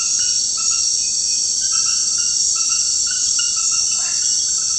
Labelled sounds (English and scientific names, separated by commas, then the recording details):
none
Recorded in dense forest near Puerto Asís, Putumayo, Colombia, on 20 February 2024 at 23:30
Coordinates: 0.472, -76.329
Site G6394